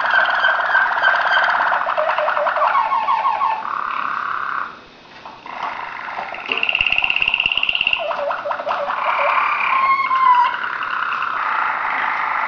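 Waterslager canary song: low, bubbling rolled trills shifting between tours, with a brief pause near five seconds and a higher whistled roll afterwards.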